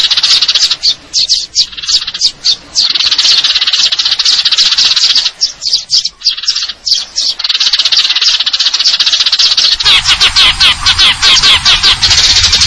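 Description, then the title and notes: Eurasian tree sparrow chatter: rapid, packed high chirps and trills, with low background noise joining near the end. Fighting-style call with long trills, clear sound; a masteran training recording for contest birds; local name burung gereja. "GEREJA TARUNG NEMBAK PANJANG SUARA JERNIH MASTERAN WAJIB BURUNG LOMBA. Burung Gereja"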